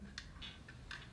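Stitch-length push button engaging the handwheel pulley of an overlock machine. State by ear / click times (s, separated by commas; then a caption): seated / 0.2 s. On an industrial overlock sewing machine, the metal stitch-length button is held pressed while the handwheel pulley is turned toward the operator until the button drops into its detent. A sharp click is heard at 0.2 s as the button catches in the pulley and seats.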